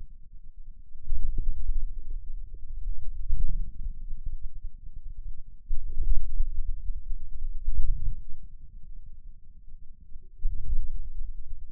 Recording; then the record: forearm muscle sounds (acoustic myography)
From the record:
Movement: inward rotation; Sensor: system 2, bracelet of six BSWA MPA416 microphones around the upper forearm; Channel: 1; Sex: male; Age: 22 years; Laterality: right